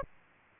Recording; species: mosquito wingbeat signal from an infrared sensor; Aedes aegypti